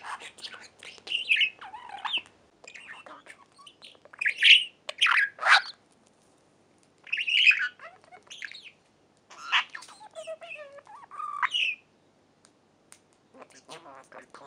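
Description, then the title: Budgerigar chatter of clicks, squeaky whistles and scratchy notes in irregular bursts, fading toward the end. "Budgie Sounds"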